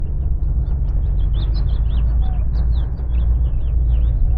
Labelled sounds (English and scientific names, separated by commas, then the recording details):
House Finch (Haemorhous mexicanus) song
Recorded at WGilgo Beach on Long Island, New York, on 22 May 1975
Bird D